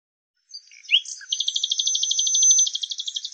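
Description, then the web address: Bird song: a few quick chirps followed by a long, fast, evenly pulsed trill held for about two seconds. "cianscape birddata Deverinetal 2025 Bird Lu Me Lu Me"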